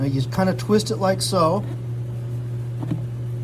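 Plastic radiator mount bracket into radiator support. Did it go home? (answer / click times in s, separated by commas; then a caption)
yes / 2.8 s. On a 2013 Subaru Outback, a plastic radiator mount bracket is twisted so its tab fits inside the slot in the radiator support, then pushed until it snaps in place. Someone talks over a steady low hum, then a short, sharp snap at 2.8 s marks the tab seating.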